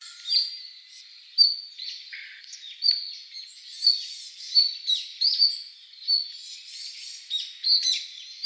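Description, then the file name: Red-flanked bluetail calls, short high notes repeated irregularly every half second to second, some with brief lower tones between them, over faint background hiss. Recorded 3 December 2014. "ruribitaki C 141203"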